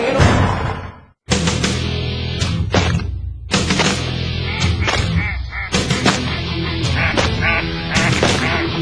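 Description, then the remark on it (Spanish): Loud, dense burst of ducks quacking mixed with sharp, gunshot-like blasts, with one brief drop to silence early on before the racket resumes and continues without a break. “Somos patos, tirando a las escopetas.”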